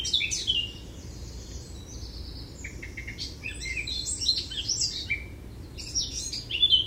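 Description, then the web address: Eurasian blackcap with soft, varied warbling notes and brief chirps scattered through, a louder twittering flourish near the end, low hum underneath. "SETE data Sylvia atricapilla"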